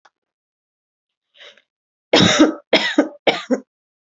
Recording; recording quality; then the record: heavy voluntary cough; excellent, no background noise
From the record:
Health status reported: healthy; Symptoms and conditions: none ticked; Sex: female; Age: 25 years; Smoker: not ticked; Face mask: not worn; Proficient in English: yes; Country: India